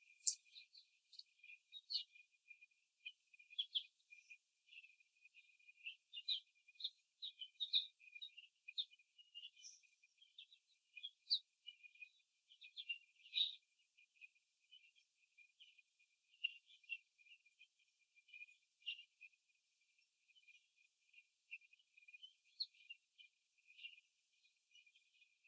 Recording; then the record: young laying hens in a cage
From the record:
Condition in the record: before the stressor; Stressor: simulated dog barking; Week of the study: 3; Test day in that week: 2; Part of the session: 2